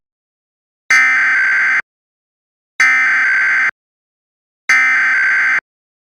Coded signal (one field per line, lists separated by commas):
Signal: Emergency Alert System (SAME) tones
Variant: header bursts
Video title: EAS Mock 19: Great, another thunderstorm!